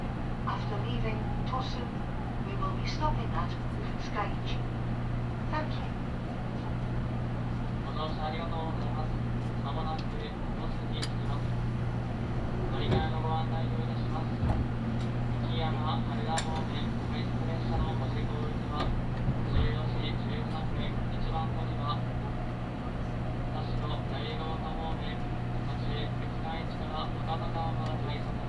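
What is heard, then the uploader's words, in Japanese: The limited express Midori 16 runs on the Nagasaki Main Line from Saga toward Tosu, with a steady low rumble and hum that stays level throughout. Voices murmur on and off, and a few sharp clicks occur near 13, 16 and 20 seconds. 長崎本線 佐賀→鳥栖 特急みどり16号。車内は6割くらいの乗車率でした。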